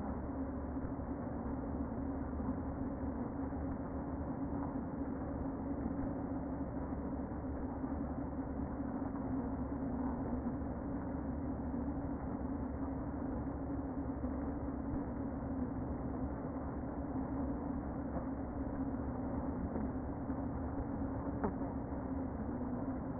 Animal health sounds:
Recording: honeybee colony, microphone inside the hive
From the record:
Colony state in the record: queen present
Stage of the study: before two queens were removed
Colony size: about 60,000 bees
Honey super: yes

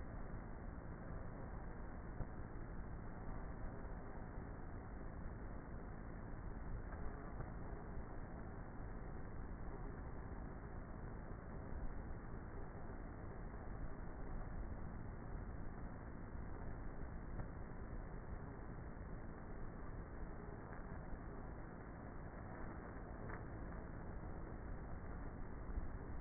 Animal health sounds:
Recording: honeybee colony, microphone inside the hive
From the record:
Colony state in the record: queenless with a low population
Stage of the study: before two queens were removed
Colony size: about 30,000 bees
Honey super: no

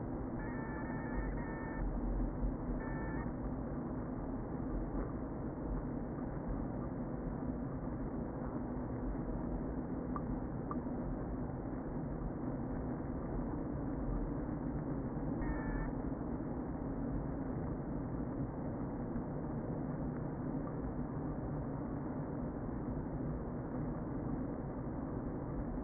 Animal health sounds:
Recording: honeybee colony, microphone inside the hive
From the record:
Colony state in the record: queen present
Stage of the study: before two queens were removed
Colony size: about 60,000 bees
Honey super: yes

